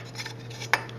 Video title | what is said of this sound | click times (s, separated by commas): Lian Li PC-V750 E-ATX Full Tower Case Review by Mnpctech.com | so that these will snap into place when you squeeze that in, | 0.7 s